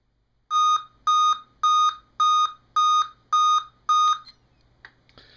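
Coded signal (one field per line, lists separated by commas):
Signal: beep code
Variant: Dell laptop BIOS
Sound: seven identical short high beeps in a steady rhythm, then faint clicks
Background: low hum, handling noise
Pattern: 7 short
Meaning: Seven beeps on a Dell signals a processor (CPU) failure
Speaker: so this is a d laptop with the processor failure 7 beep code um we'll try and fix it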